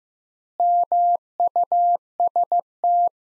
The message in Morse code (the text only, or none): MUST